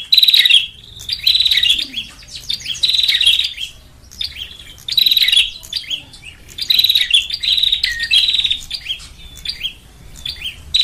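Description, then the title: Lovebird chatter, harsh high twittering phrases arriving in loud waves every few seconds, separated by softer squeaks. Lure call for trapping lovebirds (pikat). "PIKAT BURUNG LOVEBIRD"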